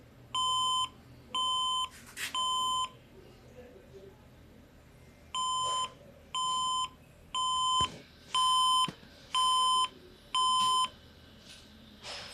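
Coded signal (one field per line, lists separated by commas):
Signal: beep code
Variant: HP workstation BIOS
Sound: repeating groups of six half-second electronic beeps, about one per second, then a pause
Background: faint room hum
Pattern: 6 short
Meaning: Six beeps report a startup fault with no video display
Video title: HP z400 Workstation 6 Beeps Red light No display Solution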